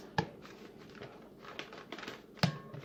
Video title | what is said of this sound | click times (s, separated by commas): 1972 Evinrude 25HP SpiderWeb Motor! Exhaust Plates? Torquing The Rods! Block Issue. Random Things! | there's the click i double check | 2.4 s